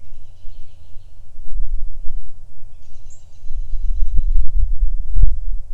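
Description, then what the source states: Bird trilling: a buzzy high trill, then a longer thin whistled note, with low rumble and a few dull thumps near the end. Recorded in a backyard.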